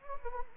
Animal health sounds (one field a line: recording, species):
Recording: mosquito wingbeat signal from an infrared sensor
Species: Anopheles gambiae